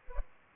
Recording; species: mosquito wingbeat signal from an infrared sensor; Aedes albopictus